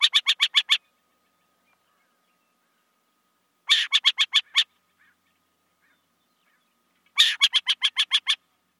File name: Burrowing Owl